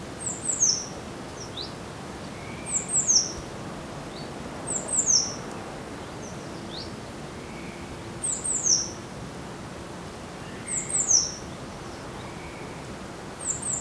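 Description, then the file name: Eurasian blue tit calls: high, thin, downslurred notes in quick clusters of two or three, repeated about every two to three seconds over a steady low background hiss. "Cyanistes caeruleus"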